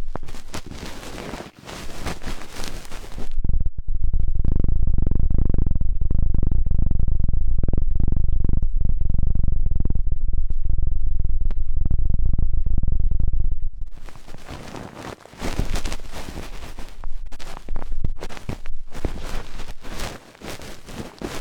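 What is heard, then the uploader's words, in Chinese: Ear-cleaning sounds with a helicopter-like effect: dry, crackly scratching fills the first three seconds, then gives way to a loud, muffled, pulsing rumble with wavering whooshes until about 14 seconds. The sharp, busy scratching and rustling then returns through to the end. 3D颅内直升机 穿过大脑的强力掏耳。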